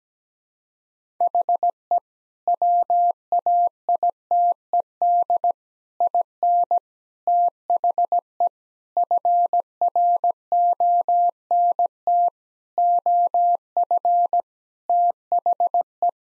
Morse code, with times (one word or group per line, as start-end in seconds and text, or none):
1.2-2.0 HE
2.5-5.5 WAITED
6.0-6.8 IN
7.3-8.5 THE
9.0-12.3 FRONT
12.8-14.4 OF
14.9-16.1 THE